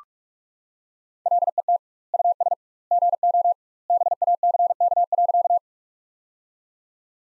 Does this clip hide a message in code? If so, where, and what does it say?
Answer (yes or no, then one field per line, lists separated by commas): yes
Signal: Morse code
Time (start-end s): 1.3-5.6 s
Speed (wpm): 41 wpm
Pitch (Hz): 700 Hz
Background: none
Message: LET US GO BACK.